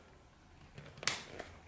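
A replacement ear pad's plastic mounting ring is pressed into the bottom corner of a Bose QC45 or QC35 headphone ear cup rim. Faint clicks come at 0.8 s and 1.0 s, then a sharp, bright snap at 1.1 s as the clip seats, with a softer tick at 1.4 s. The ear pad clip is confirmed snapped in.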